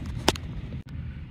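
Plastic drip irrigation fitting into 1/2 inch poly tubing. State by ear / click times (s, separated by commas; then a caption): seated / 0.3 s. A plastic drip irrigation fitting is pushed down into 1/2 inch poly drip hose, which is squeezed flat with one hand while the other hand presses the fitting in. A sharp, bright snap is heard at 0.3 s, with a softer tick right after at 0.4 s, over steady low background noise. The fitting snaps into place and is seated in the hose.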